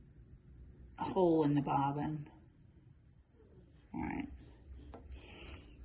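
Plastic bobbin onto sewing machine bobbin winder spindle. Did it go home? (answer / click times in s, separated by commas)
yes / 4.9 s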